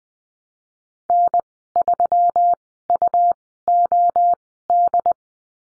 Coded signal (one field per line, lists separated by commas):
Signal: Morse code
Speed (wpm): 20 wpm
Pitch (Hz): 700 Hz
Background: none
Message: N3UOD